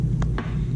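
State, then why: Seated. An internal component is set back onto the body of a baitcasting reel during reassembly, lined up and pressed into the reel frame over a steady low hum. Two sharp clicks sound at about 0.2 s and 0.4 s as the part seats in place.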